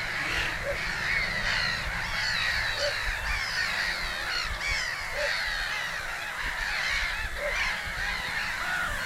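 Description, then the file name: Little bittern's deep single barks recur roughly every two seconds beneath a loud, busy wash of other birdsong. 9 June 2013, Mohrweihergebiet pond area, Erlangen-Höchstadt district. "Zwergdommel 9 06 2013 Mohrweihergebiet ERH Barbara Goldmann"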